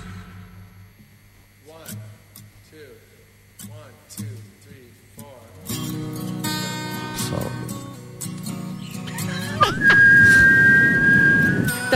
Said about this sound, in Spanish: Borracho ya. En vez de silbar soplaba el boludo, ¿viste? Sentía el soplido en el micrófono, ¿viste?